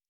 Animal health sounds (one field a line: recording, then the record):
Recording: hydrophone in a shrimp aquaculture tank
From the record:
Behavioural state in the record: normal